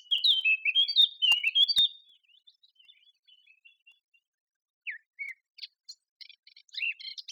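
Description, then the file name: Eurasian blackcap song: a loud burst of clear, fluty whistled phrases for two seconds, then soft scratchy twitters, a pause and a few quieter notes. "Sylvia atricapilla"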